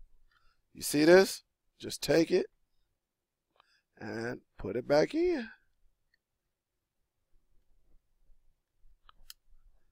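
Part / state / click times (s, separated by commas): plastic battery cover into a TV remote control / seated / 9.1 s, 9.3 s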